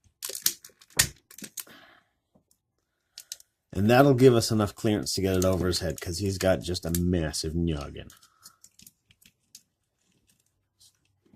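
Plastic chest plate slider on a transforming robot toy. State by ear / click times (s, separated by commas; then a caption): seated / 0.5 s, 1.0 s. The plastic chest plate slider on a transforming robot toy is pulled straight out at an angle, clicking sharply into its extended detent at 0.5 s and again at 1.0 s, to give enough clearance to get it over the robot's head. Someone then talks from about 3.7 to 8.1 s, followed by a few faint handling taps.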